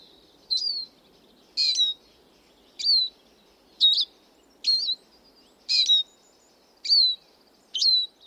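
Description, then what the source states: Eurasian siskin calls: eight clear, short, liquid notes, each dipping downward, repeated roughly once a second against a quiet background. Male in the Border Forest; siskin calls short, liquid and disyllabic, perched or in flight; this male gives a very distinctive downward inflection.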